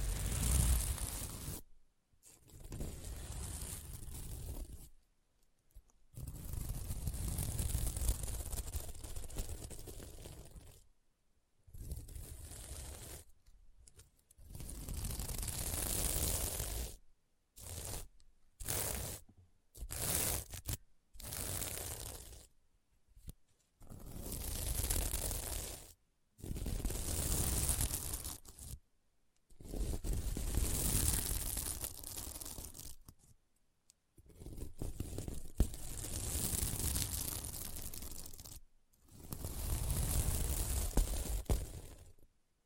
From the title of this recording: SequinMermaid Pillow Scratching Sounds